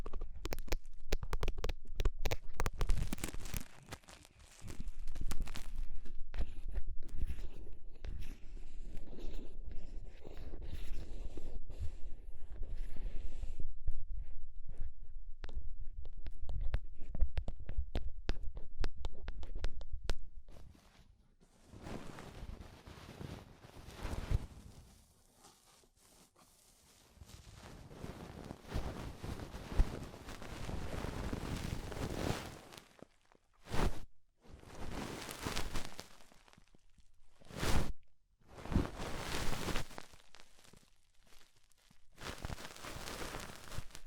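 Ear cleaning with rhinestones and clay being picked off, opening with about twenty seconds of dense, rapid crackling and scratching, briefly dropping out near five seconds. After that the sounds turn softer and patchier, ending in short rubbing bursts separated by silent gaps.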